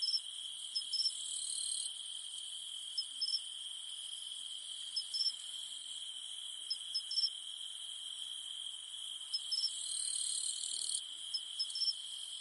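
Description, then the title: Cicada: insects humming in an unbroken high drone, with quick double chirps returning every second or two and a shimmering upper layer that swells and fades. In the mountains at night. "In the mountains at night, only the humming of cicadas remains"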